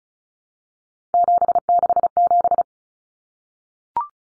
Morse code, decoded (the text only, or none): 767